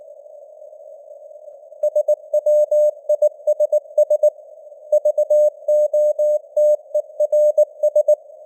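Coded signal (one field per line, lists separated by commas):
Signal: Morse code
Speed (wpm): 19 wpm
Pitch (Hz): 600 Hz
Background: none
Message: SWISS VOTERS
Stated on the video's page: Computer-generated 19 wpm Morse news headlines with simulated radio noise and varying signal strength (QSB).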